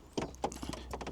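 A plastic Raptor-style front grille for a facelift Ford Transit mk8 van is pressed onto the van's front panel so its centre clip pushes in. Sharp clicks at 0.2 s and 0.4 s mark the clip engaging, with lighter knocks and rustles around them. The centre clip seats nicely.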